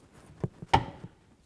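A torque wrench set to 89 inch-pounds tightens the camshaft position sensor mounting bolt on a 2007-17 Ford Expedition. A couple of faint knocks at about 0.4 and 0.6 s lead up to a sharp, loud click at 0.7 s as the wrench reaches its setting, with a brief ringing tail. The bolt is torqued to spec.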